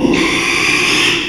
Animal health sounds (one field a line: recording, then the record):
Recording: squeal of a Yucatan mini pig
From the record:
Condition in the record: after surgery on the right vocal fold (resection and tissue-engineered implant)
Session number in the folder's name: 1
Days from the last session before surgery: 6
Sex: male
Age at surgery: 12 weeks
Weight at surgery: 13 kg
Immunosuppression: cyclosporine, prednisolone